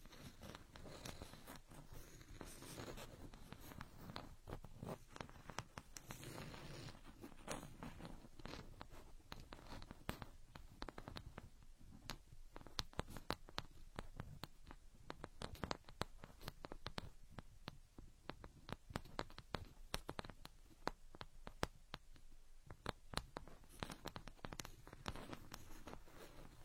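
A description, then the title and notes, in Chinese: Ear picking, heard as a dense run of scratchy rubbing and sharp crackling clicks. For the first ten seconds or so a low, muffled rumble sits under the scraping; after that the sound thins to quicker, crisper taps and pops that continue irregularly to the end. 抠耳朵催眠。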